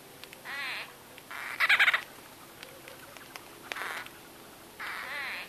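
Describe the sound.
White-fronted bee-eater calls: short bouts of buzzy, nasal chatter come in four separate bursts, the second loudest, with quiet gaps between them.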